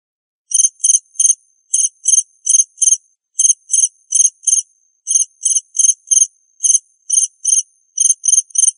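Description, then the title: Cricket producing high, pulsed chirps after a brief silence, in small groups of three or four, steady through the rest. "suara Hujan Guntur Suara Jangkrik Dan Burung"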